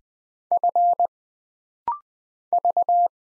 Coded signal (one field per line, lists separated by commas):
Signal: Morse code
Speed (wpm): 20 wpm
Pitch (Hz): 700 Hz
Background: none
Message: F V